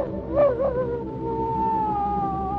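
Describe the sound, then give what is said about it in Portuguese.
A hungry wolf that has found a flock of sheep howls at night in one long, wavering note that swells briefly at the start, then holds a steady, slightly falling pitch. No voices or other sounds accompany it. “Um lobo faminto havia encontrado o rebanho e Cordélios ficou apavorado.”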